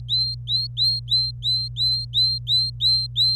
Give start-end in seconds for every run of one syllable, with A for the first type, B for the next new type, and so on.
0.00-3.36 A